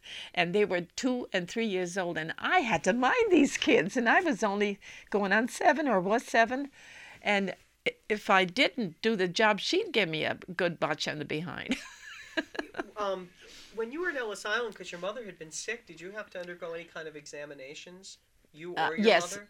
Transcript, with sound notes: And they were two and three years old, and I had to mind these kids, and I was only going on seven or was seven. And if I didn't do the job, she'd give me a good botch on the behind. ( she laughs )
When you were at Ellis Island, because your mother had been sick, did you have to undergo any kind of examinations, you or your mother?